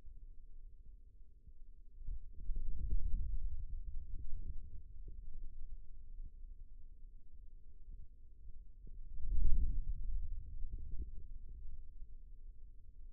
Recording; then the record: forearm muscle sounds (acoustic myography)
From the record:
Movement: hand closing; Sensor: system 2, bracelet of six BSWA MPA416 microphones around the upper forearm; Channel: 3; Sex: male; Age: 22 years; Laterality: right